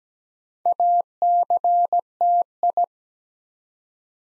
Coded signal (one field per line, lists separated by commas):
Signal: Morse code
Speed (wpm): 17 wpm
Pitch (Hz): 700 Hz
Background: none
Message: ACTI